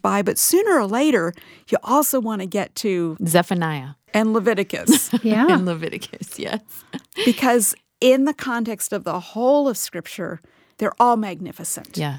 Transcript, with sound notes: But sooner or later, you also want to get to...
Zephaniah.
And Leviticus.
(laughter) And Leviticus. Yes.
Because, in the context of the whole of Scripture, they’re all magnificent.